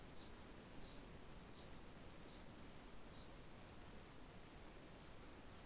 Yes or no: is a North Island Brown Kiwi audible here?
no